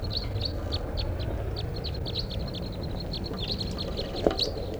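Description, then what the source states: Crossbills calling: dense, clipped kip notes repeated rapidly and irregularly throughout, over a low rumble. Wild flock of about eight birds at the top of a tall lodgepole pine above camp, 5:05 p.m.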